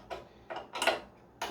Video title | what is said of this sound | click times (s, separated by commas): Installation and Adjustment of TAP's Titanium Cable Guard System | sure they're pressed in and that is that they're fully clipped in you hear both of those snap in place | 0.8 s, 1.4 s